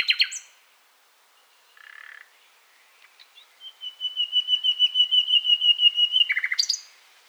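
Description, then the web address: Common nightingale song: brief notes, then a long crescendo of rapidly repeated whistled notes, ending in a loud burst. "SETE Luscinia megarhynchos"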